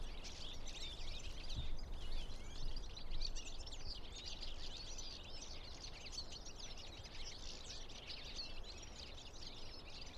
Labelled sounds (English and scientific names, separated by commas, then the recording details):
European Goldfinch (Carduelis carduelis) call
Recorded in the wild
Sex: group
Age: adult
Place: Bernau bei Berlin, Bernauer Forst, Brandenburg, DE
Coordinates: 52.6975, 13.5211
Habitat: wood
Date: 2007-01-05 12:38
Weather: unsettled, ca. 5°C, moderate to strong winds
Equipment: Sound Devices 702, Sennheiser MKH 70, Windkorb
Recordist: Frommolt, Karl-Heinz